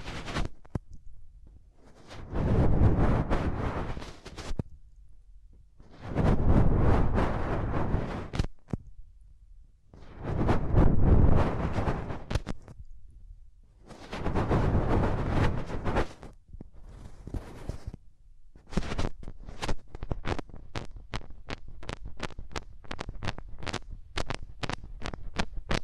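Hands rub over the ears in slow, rough swells, each lasting about two to three seconds, with short quiet gaps between them, five times over. After about eighteen seconds the rubbing turns into quick, crackly taps and brushes that come in a steady patter until the end.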